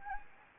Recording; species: mosquito wingbeat signal from an infrared sensor; Anopheles gambiae